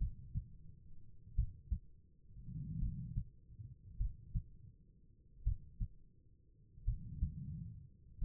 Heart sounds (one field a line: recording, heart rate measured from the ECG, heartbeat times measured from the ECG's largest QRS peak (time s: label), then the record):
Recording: heart sounds by stethoscope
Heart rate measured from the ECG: 44 bpm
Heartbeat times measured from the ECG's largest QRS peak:
1.36 s: heartbeat
2.80 s: heartbeat
3.98 s: heartbeat
5.44 s: heartbeat
6.85 s: heartbeat
8.19 s: heartbeat
From the record:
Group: healthy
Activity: rest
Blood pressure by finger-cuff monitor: 106/61 mmHg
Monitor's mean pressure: 76 mmHg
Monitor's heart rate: 44 bpm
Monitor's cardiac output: 4.3 L/min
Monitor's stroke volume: 96 mL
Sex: female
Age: 36 years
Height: 163 cm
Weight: 88 kg